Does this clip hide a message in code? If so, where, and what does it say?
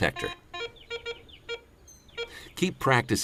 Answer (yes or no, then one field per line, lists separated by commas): no